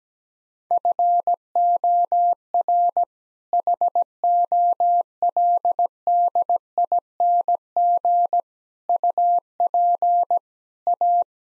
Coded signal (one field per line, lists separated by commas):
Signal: Morse code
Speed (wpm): 17 wpm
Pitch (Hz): 700 Hz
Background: none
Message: FOR HOLDING UP A